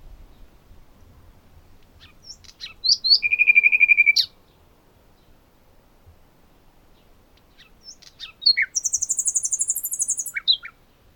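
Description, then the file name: Common nightingale song: sharp chips lead into a steady, rapidly pulsed whistle, a pause, then a very high, fast rattling series of repeated notes. "Luscinia megarhynchos"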